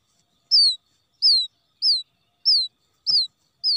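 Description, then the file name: Quail chick calling: six high, downslurred peeps about every 0.65 seconds, with one sharp click landing on a call near the end. Quail chick calling for its mother after becoming lost from the flock. "tieng cut non keu goi me lac dan chuan"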